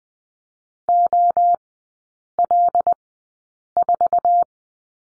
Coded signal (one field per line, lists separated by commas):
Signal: Morse code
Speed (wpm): 20 wpm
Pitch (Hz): 700 Hz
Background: none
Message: OL4